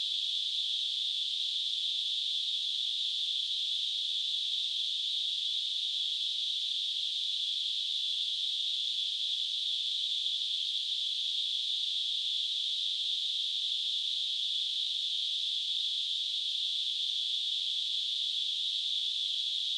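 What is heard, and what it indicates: A steady, unbroken high-pitched hiss holds at an even loudness for about 20 seconds, with no rhythm or pauses. It is a simulated tinnitus sound, imitating the constant ringing or hissing a person with tinnitus hears in the ears.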